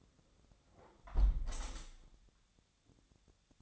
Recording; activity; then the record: daily activity, microphone in the room; close window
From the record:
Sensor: 3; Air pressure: 1014.8 hPa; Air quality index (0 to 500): 25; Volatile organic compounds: 0 ppm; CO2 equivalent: 500 ppm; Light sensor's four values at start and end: 10/22/9/9 and 9/22/9/9